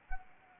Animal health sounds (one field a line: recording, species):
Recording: mosquito wingbeat signal from an infrared sensor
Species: Anopheles arabiensis